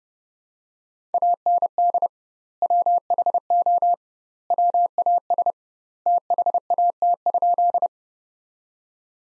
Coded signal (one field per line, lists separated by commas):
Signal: Morse code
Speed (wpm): 31 wpm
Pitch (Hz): 700 Hz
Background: none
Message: AND WHO WAS THAT?